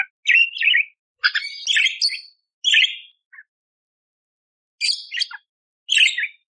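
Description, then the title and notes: Eurasian tree sparrow chirps in lively grouped bursts, some high and scratchy, with a silent gap of over a second midway. Eurasian tree sparrow "tarung" (fighting) song used as a master recording for training cage birds. "MASTER GEREJA TARUNG. burung gereja"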